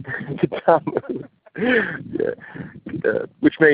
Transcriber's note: lots of laughing